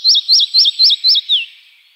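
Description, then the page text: Red-breasted flycatcher singing a short phrase: five quick, bright, identical high notes, then one longer note sliding downward. Recorded in Iran. "پرندگان ایران: مگس گیر سینه سرخ. مگس گیر سینه سرخ - صدا. Red-breasted Flycatcher"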